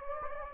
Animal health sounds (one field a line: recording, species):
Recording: mosquito wingbeat signal from an infrared sensor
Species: Anopheles gambiae